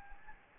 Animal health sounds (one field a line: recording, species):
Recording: mosquito wingbeat signal from an infrared sensor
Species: Anopheles gambiae